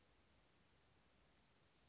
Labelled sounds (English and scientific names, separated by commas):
Western Flycatcher (Empidonax difficilis)